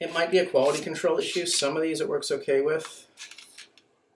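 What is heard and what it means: Someone talks while a plastic magazine is pushed into the magazine well of a blank-firing 1911-style prop pistol, possibly because of a quality control issue. After the talk, a couple of faint, brief contact sounds come at about 3.6 and 3.8 seconds as the magazine hits a stop. It has not clicked or latched into place yet.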